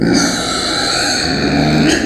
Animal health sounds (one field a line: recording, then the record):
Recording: squeal of a Yucatan mini pig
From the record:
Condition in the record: before surgery on the right vocal fold (resection and tissue-engineered implant)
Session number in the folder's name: 3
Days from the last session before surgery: 0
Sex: female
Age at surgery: 19 weeks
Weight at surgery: 25 kg